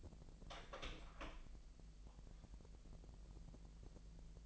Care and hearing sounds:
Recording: daily activity, microphone in the room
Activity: open door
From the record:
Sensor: 5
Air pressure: 1001.5 hPa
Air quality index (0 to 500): 249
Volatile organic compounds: 34 ppm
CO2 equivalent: 3041 ppm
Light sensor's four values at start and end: 40/93/37/37 and 40/92/37/37

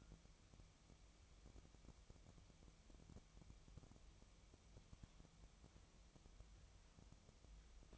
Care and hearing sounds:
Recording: daily activity, microphone in the room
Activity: wipe stove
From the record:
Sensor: 1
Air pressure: 1004.9 hPa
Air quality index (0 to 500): 73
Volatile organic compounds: 2 ppm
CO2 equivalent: 978 ppm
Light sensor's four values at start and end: 9/23/9/10 and 9/23/9/10

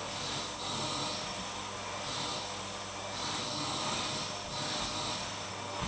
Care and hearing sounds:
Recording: daily activity, microphone in the room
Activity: vacuum cleaning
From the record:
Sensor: 1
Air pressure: 1000.2 hPa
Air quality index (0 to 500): 139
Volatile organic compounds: 2 ppm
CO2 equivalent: 1307 ppm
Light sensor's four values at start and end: 33/83/35/43 and 33/83/35/43

